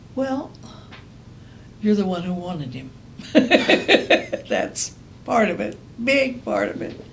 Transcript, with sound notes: Well, you’re the one who wanted him. [laughs] That’s part of it. Big part of it.